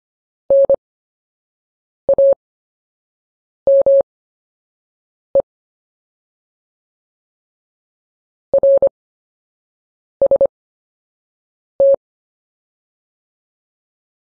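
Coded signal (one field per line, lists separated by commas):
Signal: Morse code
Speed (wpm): 25 wpm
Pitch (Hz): 550 Hz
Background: none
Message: NAME RST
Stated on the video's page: Slow-speed Morse drill of common CW anchor words for recovering in a QSO.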